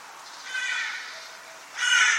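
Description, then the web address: Bird giving two harsh, raspy caws, the second louder, over a steady background hiss. "cianscape. Deverinetal 2025. Bird Only"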